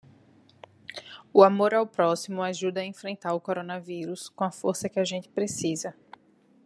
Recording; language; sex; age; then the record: spoken sentence; Brazilian Portuguese; female; 30 to 39 years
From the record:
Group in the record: control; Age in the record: 31 years